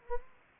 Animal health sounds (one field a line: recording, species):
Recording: mosquito wingbeat signal from an infrared sensor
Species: Anopheles gambiae